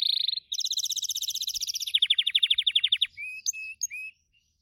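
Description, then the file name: Gloster canary song of rapid rolling trills, first buzzy and high, then a pulsing rattle, ending with a few short clear whistled notes. "canto do canario gloster"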